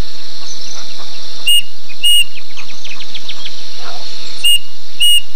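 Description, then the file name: Bird sounding two pairs of sharp whistled notes, with a string of soft descending chirps between them and a steady high-pitched insect drone throughout. "SABIOD 50 bird 2015"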